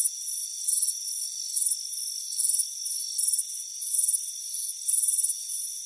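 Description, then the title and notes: Cricket chirps sound as quick high-pitched trills in a lively, uneven rhythm, with a continuous insect whine in the background. Chirping crickets on a warm afternoon at a front porch. "Soothing Crickets Chirping Sound. It's a warm afternoon as you relax in a hammock on the front porch. the soothing sound of chirping crickets. Deep Sleep Sounds"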